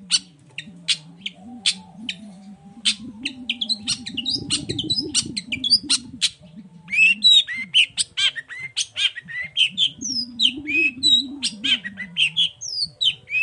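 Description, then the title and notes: Long-tailed shrike song: quick sharp ticks giving way to a busy medley of squeaky, slurred and whistled notes, with a steady low drone in the background. Cendet singing in the morning in a varied 'toet toet' style, used as a lure to provoke other shrikes into answering and singing along. "Langsung NYAUTTTTT ! Cendet Gacor Dor Di Kala Pagi Toet Toet Variasi Suara. Pancingan Emosi Cendet Gacor Full Variasi Toet Toet Bikin Nyaut Cendet Lain Langsung Ikutan Bunyi. Burung cendet"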